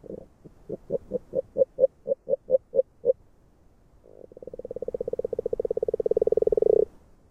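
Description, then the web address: Agile frog calling: a series of about twelve separate low knocking notes, a short silence, then a fast pulsed run of croaks that grows louder and stops abruptly. "Fotoim Hangok Rana dalmatina"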